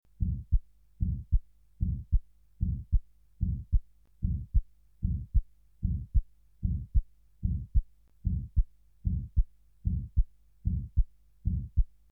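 Heartbeat heard through a stethoscope, regular at about 75 beats per minute, with a low-pitched murmur of aortic stenosis (Aortenstenose) filling the space between the heart sounds.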